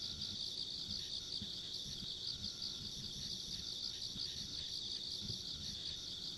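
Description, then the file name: Insect chorus of steady high trilling with rhythmic pulses, a thin higher buzz above, and low irregular background rumble. Ambient insect sounds along a rural country road. "田舎道の虫の環境音"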